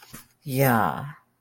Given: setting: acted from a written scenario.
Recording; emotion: vocal sound without words; guilt